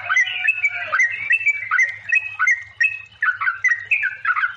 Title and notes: Masteran Trucukan Ropel Panjang. Kicau Burung Trucukan